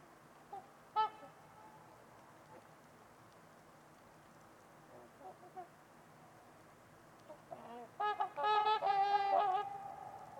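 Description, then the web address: Trumpeter swans giving a few scattered honks, then a loud burst of overlapping nasal trumpeting calls near the end, over a quiet steady hiss. Trumpeter swans at Winters Lake on a winter's eve in a deep, quiet valley, with distant white noise. "Trumpeter Swans on a Winter's Eve. Nick-Mc Mahan Winters-Lake-with-Swan. Wind Is the Original Radio"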